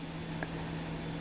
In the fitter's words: but it just doesn't work. It doesn't snap in.